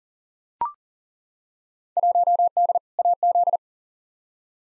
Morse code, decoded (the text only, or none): 1D AZ